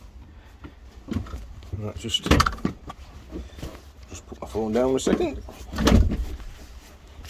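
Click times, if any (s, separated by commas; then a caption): 5.9 s. The tipped-up seat of a twilight blue CFMOTO CFORCE U1000 side-by-side utility vehicle is lowered back over the under-seat storage and pressed down, and its latch clicks into the seat base at 5.9 s. Someone talks throughout, with music and several other knocks and bumps around the seat. The seat is latched back in place.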